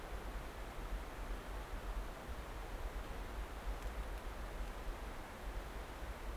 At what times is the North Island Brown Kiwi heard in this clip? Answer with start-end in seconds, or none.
none